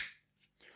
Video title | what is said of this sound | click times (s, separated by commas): TOPS Rapid Strike - Le Couteau à STEACK TACTIQUE | Il n'y a pas de jeu lorsque le couteau est dans son étui et on entend un bon clac quand on insère la lame. | 0.6 s